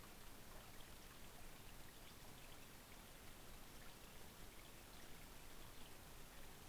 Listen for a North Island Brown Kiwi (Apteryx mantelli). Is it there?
no